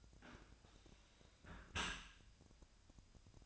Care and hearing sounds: daily activity, microphone in the room; close dishwasher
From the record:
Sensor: 2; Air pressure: 1002.9 hPa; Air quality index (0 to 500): 197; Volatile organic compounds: 6 ppm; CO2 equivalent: 1869 ppm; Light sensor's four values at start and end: 17/41/18/19 and 17/40/17/19

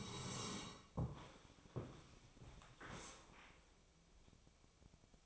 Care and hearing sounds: daily activity, microphone in the room; sit down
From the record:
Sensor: 1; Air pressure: 1000.5 hPa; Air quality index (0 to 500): 175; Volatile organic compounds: 4 ppm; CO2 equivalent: 1619 ppm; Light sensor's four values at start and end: 11/27/11/13 and 11/27/11/13

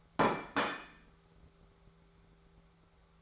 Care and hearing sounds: daily activity, microphone in the room; place plate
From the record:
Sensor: 3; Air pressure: 1015.1 hPa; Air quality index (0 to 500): 208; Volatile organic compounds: 34 ppm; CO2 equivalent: 3033 ppm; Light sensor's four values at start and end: 13/32/13/14 and 13/32/13/14

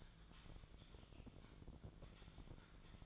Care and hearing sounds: daily activity, microphone in the room; typing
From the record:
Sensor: 5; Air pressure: 1000.3 hPa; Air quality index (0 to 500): 116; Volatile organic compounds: 1 ppm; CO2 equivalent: 928 ppm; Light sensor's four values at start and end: 116/274/117/126 and 116/273/117/126

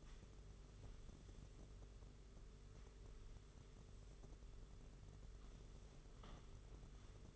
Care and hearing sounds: daily activity, microphone in the room; sweep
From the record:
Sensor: 4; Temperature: 27.1 degrees Celsius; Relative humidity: 38.3%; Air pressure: 992.2 hPa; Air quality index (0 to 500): 110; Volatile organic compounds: 18 ppm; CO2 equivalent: 2631 ppm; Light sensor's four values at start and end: 23/79/29/31 and 23/79/29/30

